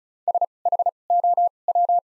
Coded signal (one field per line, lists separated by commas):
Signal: Morse code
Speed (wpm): 36 wpm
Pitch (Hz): 700 Hz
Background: none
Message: S H O W